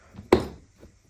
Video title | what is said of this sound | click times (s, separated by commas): Basit Valiz Tekerlek Göbek Değişimi, Tamiri - suitcase wheel hub repair, removal and replacement | yerine oturttuk | 0.3 s